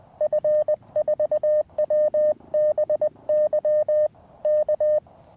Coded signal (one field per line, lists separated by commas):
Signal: Morse code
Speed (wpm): 20 wpm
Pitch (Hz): 610 Hz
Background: none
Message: F4WBY K